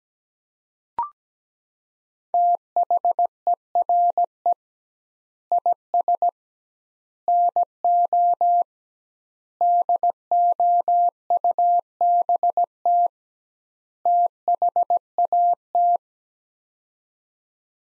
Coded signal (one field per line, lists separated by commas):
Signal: Morse code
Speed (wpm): 17 wpm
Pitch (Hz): 700 Hz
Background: none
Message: THERE IS NO DOUBT THAT